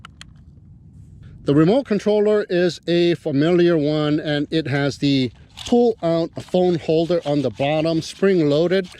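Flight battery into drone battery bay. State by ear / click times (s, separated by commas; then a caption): seated / 0.0 s, 0.2 s. A plastic flight battery is slid into the battery bay of a Potensic P4 Falcon HD drone and locks into place, with two sharp clicks at 0.1 s and 0.2 s. Someone then talks over faint background noise.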